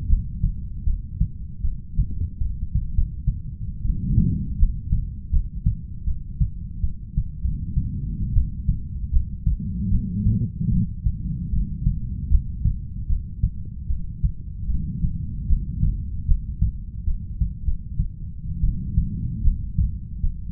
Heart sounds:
heart sounds by stethoscope; 77 bpm
0.09 s: heartbeat
0.86 s: heartbeat
1.63 s: heartbeat
2.39 s: heartbeat
2.95 s: heartbeat
3.83 s: heartbeat
4.58 s: heartbeat
5.32 s: heartbeat
6.06 s: heartbeat
6.82 s: heartbeat
7.42 s: heartbeat
8.35 s: heartbeat
9.12 s: heartbeat
9.91 s: heartbeat
10.70 s: heartbeat
11.51 s: heartbeat
12.30 s: heartbeat
13.08 s: heartbeat
13.88 s: heartbeat
14.68 s: heartbeat
15.48 s: heartbeat
16.27 s: heartbeat
17.06 s: heartbeat
17.65 s: heartbeat
18.62 s: heartbeat
19.43 s: heartbeat
20.22 s: heartbeat
From the record:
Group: heart failure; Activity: rest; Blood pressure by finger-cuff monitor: 76/53 mmHg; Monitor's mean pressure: 62 mmHg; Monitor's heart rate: 76 bpm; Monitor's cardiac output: 6.3 L/min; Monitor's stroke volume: 81 mL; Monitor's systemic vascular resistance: 700 dyn s/cm5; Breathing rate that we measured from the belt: 16 breaths a minute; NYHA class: 1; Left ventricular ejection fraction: 39%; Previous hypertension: present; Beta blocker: carvedilol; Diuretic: furosemide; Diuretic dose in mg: 20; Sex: male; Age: 60 years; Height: 178 cm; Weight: 62 kg

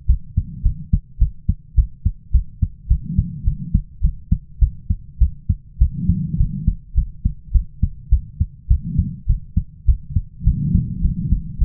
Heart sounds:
heart sounds by stethoscope; 104 bpm
0.06 s: heartbeat
0.63 s: heartbeat
1.18 s: heartbeat
1.75 s: heartbeat
2.32 s: heartbeat
2.88 s: heartbeat
3.44 s: heartbeat
4.01 s: heartbeat
4.59 s: heartbeat
5.18 s: heartbeat
5.78 s: heartbeat
6.37 s: heartbeat
6.95 s: heartbeat
7.52 s: heartbeat
8.09 s: heartbeat
8.68 s: heartbeat
9.27 s: heartbeat
9.85 s: heartbeat
10.44 s: heartbeat
11.02 s: heartbeat
11.58 s: heartbeat
From the record:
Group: healthy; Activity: cold pressor test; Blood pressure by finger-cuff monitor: 111/78 mmHg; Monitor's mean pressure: 91 mmHg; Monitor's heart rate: 104 bpm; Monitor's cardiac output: 8.2 L/min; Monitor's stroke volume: 78 mL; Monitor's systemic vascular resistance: 820 dyn s/cm5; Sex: female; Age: 22 years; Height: 157 cm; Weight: 47.6 kg

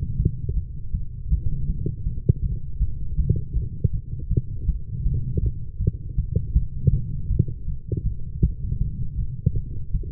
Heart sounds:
heart sounds by stethoscope; 160 bpm
0.18 s: heartbeat
0.55 s: heartbeat
0.93 s: heartbeat
1.30 s: heartbeat
1.67 s: heartbeat
2.05 s: heartbeat
2.42 s: heartbeat
2.80 s: heartbeat
3.17 s: heartbeat
3.54 s: heartbeat
3.92 s: heartbeat
4.29 s: heartbeat
4.67 s: heartbeat
5.04 s: heartbeat
5.41 s: heartbeat
5.79 s: heartbeat
6.16 s: heartbeat
6.54 s: heartbeat
6.91 s: heartbeat
7.29 s: heartbeat
7.66 s: heartbeat
8.04 s: heartbeat
8.41 s: heartbeat
8.79 s: heartbeat
9.17 s: heartbeat
9.55 s: heartbeat
9.92 s: heartbeat
From the record:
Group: healthy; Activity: light exercise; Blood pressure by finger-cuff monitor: 108/79 mmHg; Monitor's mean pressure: 89 mmHg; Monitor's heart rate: 161 bpm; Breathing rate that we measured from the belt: 33 breaths a minute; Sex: female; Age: 19 years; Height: 163 cm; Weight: 51 kg

